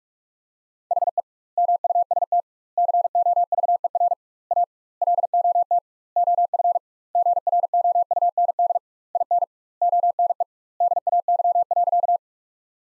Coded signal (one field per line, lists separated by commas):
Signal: Morse code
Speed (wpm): 42 wpm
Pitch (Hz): 700 Hz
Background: none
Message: HE MUST COVER A LOT OF GROUND IN ONE DAY.